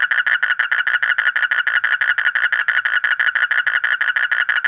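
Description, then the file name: Asian common toad calling in a steady series of harsh, buzzy pulses, holding an even pitch throughout. "suara kodok bangkong kolong kodok buduk"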